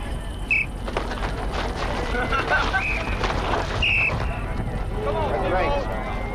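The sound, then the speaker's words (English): Two short, shrill whistle blasts start a combat bout, one early and one a few seconds later, over steady wind rumble and excited shouting voices. “I will blow the whistle to start you, and also to stop you.”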